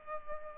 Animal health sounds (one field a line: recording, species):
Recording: mosquito wingbeat signal from an infrared sensor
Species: Culex pipiens